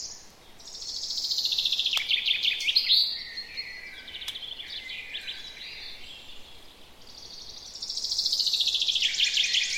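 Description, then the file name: Common chaffinch song: bright descending trilled phrases at the start and end, with softer high notes in between. "Fringilla coelebs"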